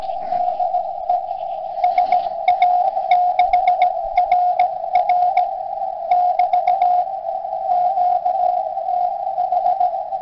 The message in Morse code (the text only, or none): DE SA6RR <BT> QTH